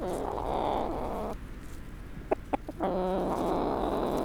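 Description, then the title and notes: Brahma chicken: brahma hen uttering a long drawn-out call, a few sharp clucks, then another sustained moaning call. "145 Bd Robert Barrier, 73100 Aix-les-Bains, France - Poule. Discussion avec une poule Brahma seule dans son enclos"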